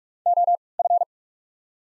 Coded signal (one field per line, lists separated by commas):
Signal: Morse code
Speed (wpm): 46 wpm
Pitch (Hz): 700 Hz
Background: none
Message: OF